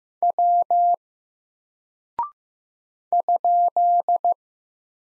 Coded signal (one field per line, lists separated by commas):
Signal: Morse code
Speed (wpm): 15 wpm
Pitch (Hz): 700 Hz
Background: none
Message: W ?